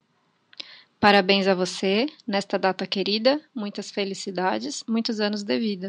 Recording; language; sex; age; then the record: short text; Brazilian Portuguese; female; 30 to 39 years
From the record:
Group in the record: control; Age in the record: 34 years